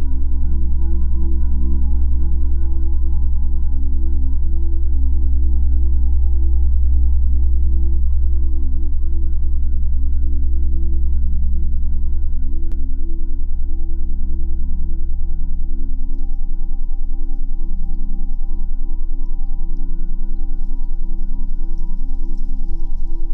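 A steady low frequency drone, given as 10 Hz plus 20 Hz, hums loudly throughout with a thick, rumbling bottom and a stack of ringing, bowl-like tones above it. A single click lands near the middle, and a faint hiss appears near the end.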